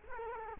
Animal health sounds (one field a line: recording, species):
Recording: mosquito wingbeat signal from an infrared sensor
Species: Culex quinquefasciatus